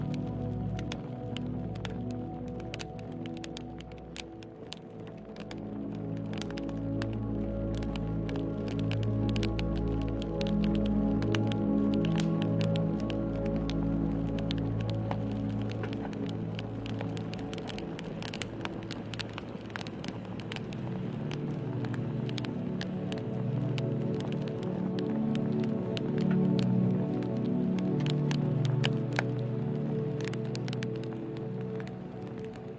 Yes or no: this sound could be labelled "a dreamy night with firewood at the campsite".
yes